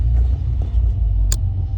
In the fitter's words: Hear that click?